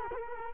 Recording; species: mosquito wingbeat signal from an infrared sensor; Culex quinquefasciatus